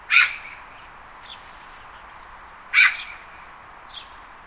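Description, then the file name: Magpie giving a harsh, rasping call twice, each loud burst followed by a softer short note, about two and a half seconds apart. "straka"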